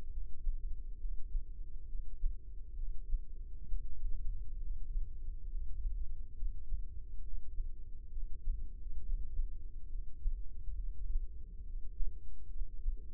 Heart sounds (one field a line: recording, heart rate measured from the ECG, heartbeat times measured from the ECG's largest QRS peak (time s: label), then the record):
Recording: heart sounds by microphone in the left ear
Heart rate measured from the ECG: 68 bpm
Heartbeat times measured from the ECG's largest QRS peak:
0.10 s: heartbeat
0.98 s: heartbeat
1.87 s: heartbeat
2.76 s: heartbeat
3.66 s: heartbeat
4.58 s: heartbeat
5.48 s: heartbeat
6.35 s: heartbeat
7.21 s: heartbeat
8.10 s: heartbeat
8.99 s: heartbeat
9.88 s: heartbeat
10.76 s: heartbeat
11.63 s: heartbeat
12.49 s: heartbeat
From the record:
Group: healthy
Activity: breath hold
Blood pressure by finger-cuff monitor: 137/82 mmHg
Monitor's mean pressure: 101 mmHg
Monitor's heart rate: 68 bpm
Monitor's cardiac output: 6.3 L/min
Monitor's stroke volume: 93 mL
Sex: female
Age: 22 years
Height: 161 cm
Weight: 65.5 kg